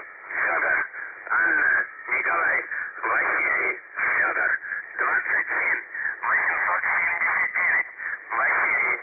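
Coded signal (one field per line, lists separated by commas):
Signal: numbers station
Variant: UVB-76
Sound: a male voice reading short words over narrow, muffled shortwave audio, no buzzing tone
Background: radio static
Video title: The Buzzer/UVB-76 Voice Message (December 3, 2020 10:10 UTC)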